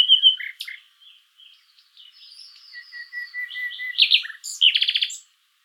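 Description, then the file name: Common nightingale singing a brief steady whistle, soft varied notes, a run of soft lower notes, then a burst of fast chattering notes. "Luscinia megarhynchos"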